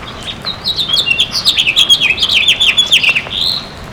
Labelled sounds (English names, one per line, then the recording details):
House Finch song
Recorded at Baldwin on Long Island, New York, on 28 May 2013
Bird H